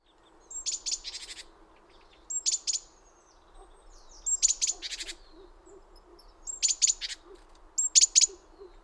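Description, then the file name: Great tit churring calls: a thin high note leading into a rapid harsh rattle, given in five bursts. "Parus major"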